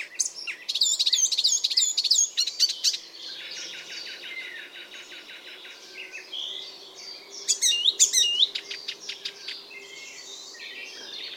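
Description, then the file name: Icterine warbler song: loud bursts of rapid, high chattering and whistled notes, then a quieter stretch of repeated buzzy notes before another energetic burst. "Ruud van Beusekom - Zelenaya peresmeshka Hippolais icterina"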